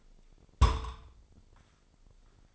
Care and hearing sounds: daily activity, microphone in the room; place on stove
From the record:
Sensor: 5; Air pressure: 995.5 hPa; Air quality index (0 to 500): 97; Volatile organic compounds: 6 ppm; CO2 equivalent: 1846 ppm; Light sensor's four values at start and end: 34/82/33/35 and 33/79/33/34

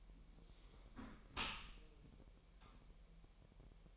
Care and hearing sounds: daily activity, microphone in the room; close dishwasher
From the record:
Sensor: 1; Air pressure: 1000.6 hPa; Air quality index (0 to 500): 247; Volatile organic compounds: 142 ppm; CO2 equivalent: 3984 ppm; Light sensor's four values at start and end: 11/28/11/12 and 11/28/11/12

